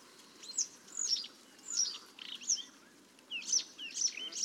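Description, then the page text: Paddyfield warbler singing short, varied, scratchy high notes in quick uneven bursts against a steady low hiss. "Patrick Franke - Индийская камышевка (Acrocephalus agricola)"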